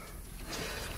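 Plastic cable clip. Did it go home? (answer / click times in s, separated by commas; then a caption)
no / none. A hood release cable and its plastic retaining clip are handled and pushed toward their retainer on the radiator support of a Land Rover LR3 while the hood latch is refitted. Low rustling and handling noise builds into denser broadband scraping after about 0.5 s. Nothing has seated or clicked yet.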